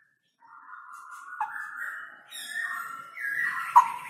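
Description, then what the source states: Straw-headed bulbul song: rich warbled whistles, smoothly gliding and stepping between low and higher notes in a continuous flowing phrase, with a couple of sharp clicks. Male singing actively (gacor) with a loud voice and long rolling trills; meant as a tutor recording (masteran).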